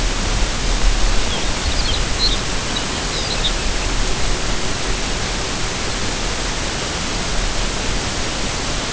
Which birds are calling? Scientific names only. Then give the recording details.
Calcarius lapponicus, Calidris melanotos. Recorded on Arctic tundra, site UTQI-5, on 25 June 2018. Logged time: 10:00